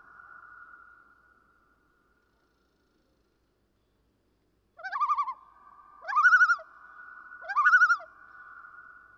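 Common loon calling: a long steady wailing tone fades out, then after a pause three quavering, rising notes follow about every one and a half seconds over a lingering sustained tone.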